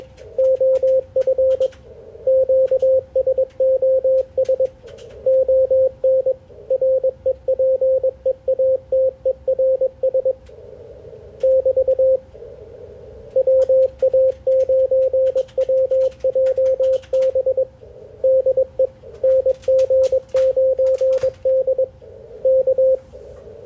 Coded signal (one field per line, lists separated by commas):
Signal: Morse code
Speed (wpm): 21 wpm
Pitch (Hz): 530 Hz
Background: radio noise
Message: OF QSOS ON REPEATERS <BT> WA9WJB DE NG9D K